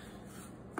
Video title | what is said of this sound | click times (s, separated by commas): Piston Pin & Clip Install (Floating type) | we're locked in | 0.8 s